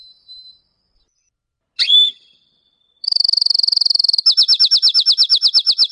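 Canary song: a thin whistle and a sharp chip, then fast, even trills of high notes that switch to a slower, louder rolling trill.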